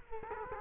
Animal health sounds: mosquito wingbeat signal from an infrared sensor; Culex quinquefasciatus

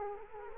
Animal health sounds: mosquito wingbeat signal from an infrared sensor; Culex quinquefasciatus

